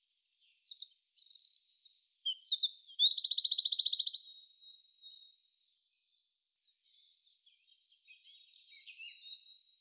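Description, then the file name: Eurasian wren singing a single explosive high phrase of quick tinkling notes and trills, followed by several seconds of faint, scattered soft notes. "Troglodytes troglodytes"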